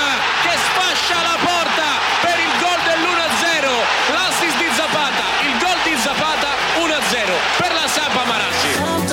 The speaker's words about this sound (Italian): Io continuo, se sentite, a battere le mani.